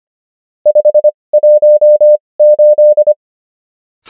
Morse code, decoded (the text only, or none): 518